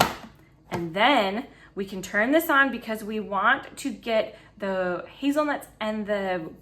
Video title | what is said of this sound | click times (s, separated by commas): Easy to Follow : How to Use a Food Processor to make Pesto and Foolproof Pie Crust | Now, we're going to make sure that our lid is locked, | 0.0 s